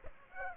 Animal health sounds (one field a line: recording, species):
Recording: mosquito wingbeat signal from an infrared sensor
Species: Aedes aegypti